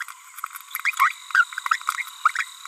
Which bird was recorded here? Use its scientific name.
Forpus passerinus